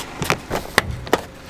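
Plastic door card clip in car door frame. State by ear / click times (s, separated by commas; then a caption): released / 0.8 s. A car door trim panel is pulled to unhinge it from the top edge, and a plastic door card clip in the door frame pops free with a sharp click at 0.8 s. Softer knocks come around it, and another sharp snap follows at about 1.1 s. The clip is released.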